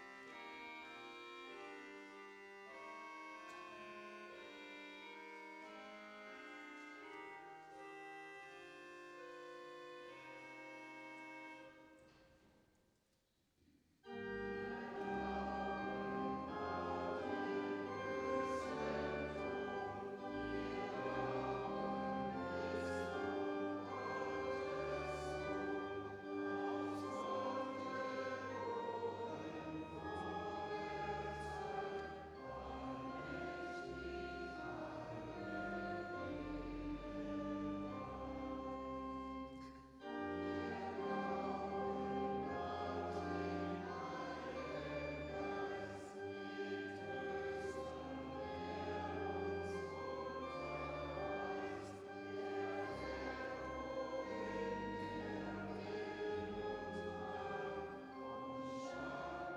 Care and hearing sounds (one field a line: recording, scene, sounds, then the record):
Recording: everyday scene through a hearing-aid microphone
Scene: reverberant space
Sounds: music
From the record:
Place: church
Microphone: in the ear canal, right